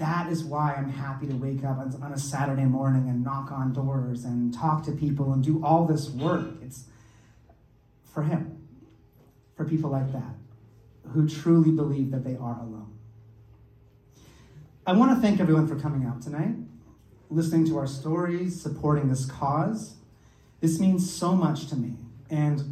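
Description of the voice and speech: A man who grew up with a stutter gives a gala speech at a measured pace. Long silent gaps of more than a second interrupt phrases, and several sounds are stretched, such as before "him" and in "alone" and "cause", fitting stuttering blocks and prolongations.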